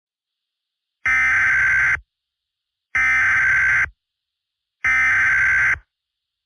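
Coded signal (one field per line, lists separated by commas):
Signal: Emergency Alert System (SAME) tones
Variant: header bursts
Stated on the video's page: Fictional EAS scenario, not a real alert.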